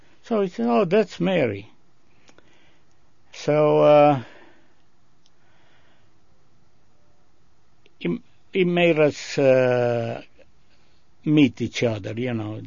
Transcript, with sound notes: So he says, "Oh, that's Mary." So, (he pauses) he made us meet each other, you know.